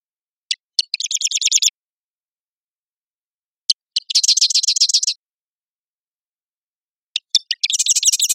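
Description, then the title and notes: Marsh wren singing three phrases, each opening with two or three dry clicks followed by a rapid mechanical rattle, spaced roughly three seconds apart. Single male singing excitedly, sometimes turning away; Marymoor Park, Redmond, Washington, USA; song clanking, noisy and constantly varying. "Marsh Wren - Cistothorus palustris - song. recorded at Marymoor Park in Redmond, WA"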